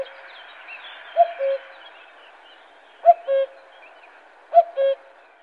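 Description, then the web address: Common cuckoo calling its two-note cu-coo, a higher note dropping to a lower one, repeated three times about every one and a half to two seconds over a faint hiss. "Faglar Sound Gok"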